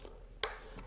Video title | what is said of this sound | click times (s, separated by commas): Toyota Yaris Cross Coil Pack & Sparkplug Swap - Super Easy! | And last thing, we actually just clip on that electrical connection, making sure you hear that click. | 0.4 s